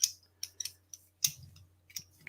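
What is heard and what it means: An ER20 collet is pressed by hand into its collet nut, giving short, sharp ticks and light scraping taps spread across the clip, with the loudest near 0.0 s and 1.3 s. The collet does not snap in because it can't be pressed down hard enough, and nothing has seated or clicked yet.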